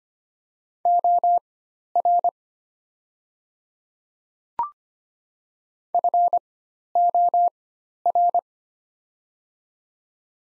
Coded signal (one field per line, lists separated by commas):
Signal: Morse code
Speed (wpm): 25 wpm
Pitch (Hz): 700 Hz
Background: none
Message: OR FOR